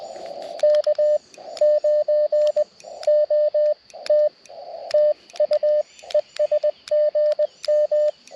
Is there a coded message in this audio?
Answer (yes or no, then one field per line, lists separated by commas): yes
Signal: Morse code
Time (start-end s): 0.6-8.1 s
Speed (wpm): 20 wpm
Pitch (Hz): 600 Hz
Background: radio noise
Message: K9OT TU ES GM